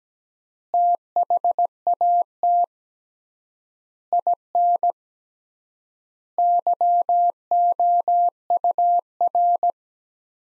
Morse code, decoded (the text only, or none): THAT IN YOUR